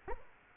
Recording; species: mosquito wingbeat signal from an infrared sensor; Culex quinquefasciatus